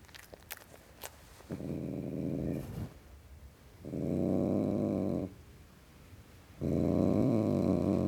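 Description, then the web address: Tom cat growling in three sustained low rumbles separated by short pauses, with a few faint clicks at the start. Tom cat (male) growling. "The BBC Sound Effects Library - Complete 60 CDs Collection (Cats) Tom Cat Growling"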